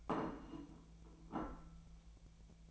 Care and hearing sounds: daily activity, microphone in the room; place plate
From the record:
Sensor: 1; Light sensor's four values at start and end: 29/73/31/37 and 29/73/31/37

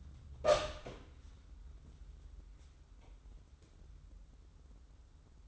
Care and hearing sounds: daily activity, microphone in the room; open door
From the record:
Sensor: 3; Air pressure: 994.4 hPa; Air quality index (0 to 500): 202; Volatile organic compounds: 1000 ppm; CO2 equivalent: 6744 ppm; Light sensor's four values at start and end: 160/384/161/159 and 154/368/154/151

